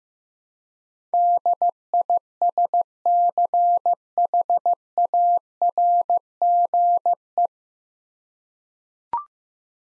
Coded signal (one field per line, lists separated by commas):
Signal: Morse code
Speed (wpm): 15 wpm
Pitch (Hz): 700 Hz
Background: none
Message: DISCHARGE